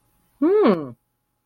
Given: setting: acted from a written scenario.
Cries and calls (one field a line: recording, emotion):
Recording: vocal sound without words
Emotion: interest